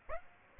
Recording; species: mosquito wingbeat signal from an infrared sensor; Aedes aegypti